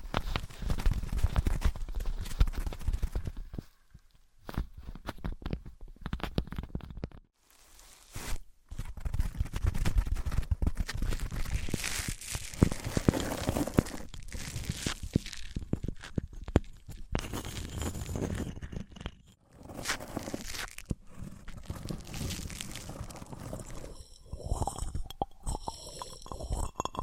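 Wood, cork, sponge, foam, glass and plastic handled in turn: dense scraping, crunching and tapping with brief silences near 4, 7 and 19 seconds.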